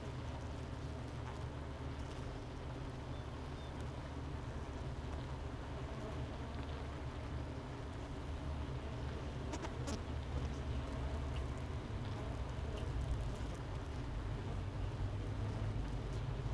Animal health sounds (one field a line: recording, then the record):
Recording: honeybee colony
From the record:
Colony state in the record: missing queen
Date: 31 May 2018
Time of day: 9:43